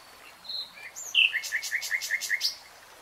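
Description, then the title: Nightingale song: soft whistles, a bright note, then a steady run of several loud repeated notes. Nightingale singing in real time. "[Tiếng chim hót] Nightingale Singing"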